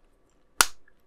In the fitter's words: and push that together and you heard that click that's one side in